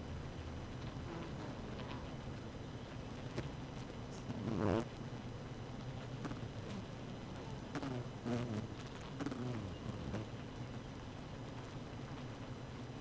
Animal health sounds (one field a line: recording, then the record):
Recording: honeybee colony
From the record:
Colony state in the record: active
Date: 12 June 2018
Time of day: 6:28